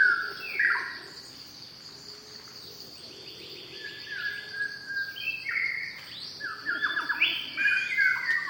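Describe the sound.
White-rumped shama giving fluty, varied whistled phrases at the start and again later, separated by a quieter gap, over a continuous high insect buzz.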